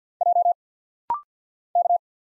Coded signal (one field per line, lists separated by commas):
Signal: Morse code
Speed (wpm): 50 wpm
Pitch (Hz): 700 Hz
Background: none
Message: J K